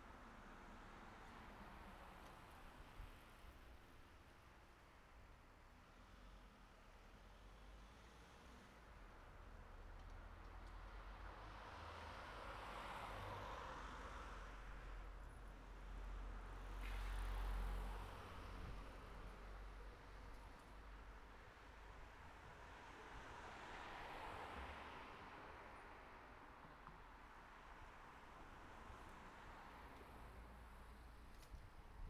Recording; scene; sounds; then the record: everyday scene through a hearing-aid microphone; in traffic; traffic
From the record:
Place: city secondary road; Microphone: behind the ear, right, rear